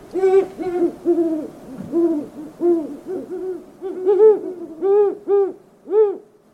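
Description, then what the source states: Great horned owls hooting together: a long, rhythmic series of resonant hoots. Male hooting, then the female flies in to join him; the male's hoots are lower in pitch than the female's.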